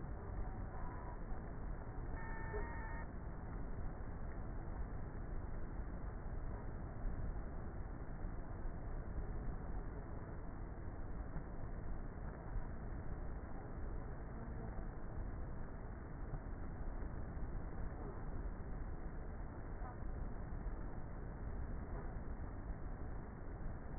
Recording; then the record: honeybee colony, microphone inside the hive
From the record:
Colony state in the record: queenless with a low population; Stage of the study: before two queens were removed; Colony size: about 30,000 bees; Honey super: no